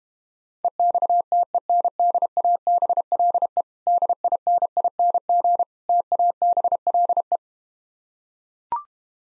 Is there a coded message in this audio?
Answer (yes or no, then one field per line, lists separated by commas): yes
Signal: Morse code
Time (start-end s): 0.6-7.4 s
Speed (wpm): 31 wpm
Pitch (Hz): 700 Hz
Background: none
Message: EXTENDABLE DINING TABLE